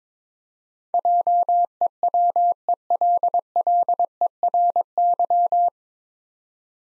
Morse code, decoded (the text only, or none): JEWELLERY